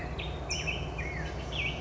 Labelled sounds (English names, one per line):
California Towhee